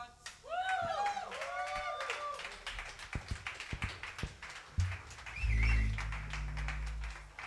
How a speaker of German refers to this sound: Schön, schön, dass es für Ignoranz noch so viel Applaus gibt.